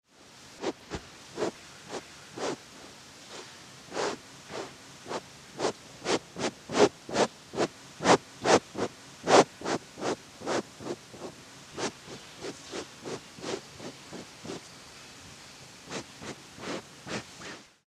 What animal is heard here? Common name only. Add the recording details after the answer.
Eastern Grey Kangaroo. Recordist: Tembrock, Günter. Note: Schnuppern